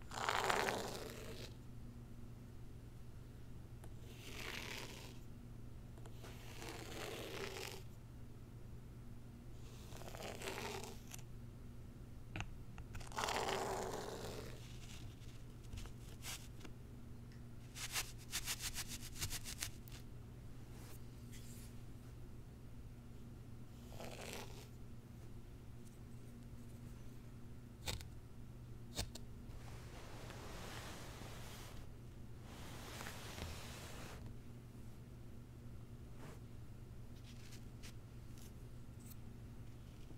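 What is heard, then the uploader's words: Unboxing a zen garden: short bursts of papery rustling and scraping come every few seconds, some brief and some lasting a second or two, with a few sharp clicks. A steady low hum runs underneath the whole time. ASMR Icnbuys Zen Garden Unboxing No Talking.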